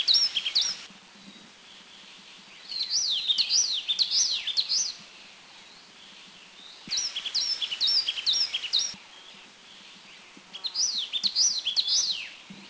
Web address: Taiwan April 2010 Taiwan Tit Blue Gate